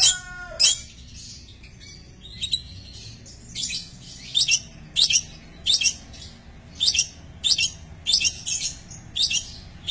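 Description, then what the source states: Long-tailed shrike giving short harsh, buzzy high notes repeated roughly every half second, after a lower grating call at the start. Champion bird.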